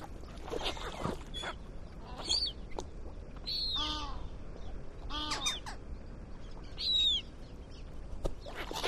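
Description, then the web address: Gull calls: several harsh, harmonic yelping notes with downward slurs near the middle, mixed with thin high-pitched calls and scattered clicking, knocking noises. "seagulls"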